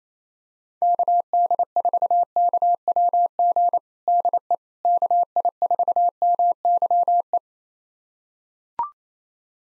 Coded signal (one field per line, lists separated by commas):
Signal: Morse code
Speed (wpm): 28 wpm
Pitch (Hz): 700 Hz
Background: none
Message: KD4KWG DE KI4MYE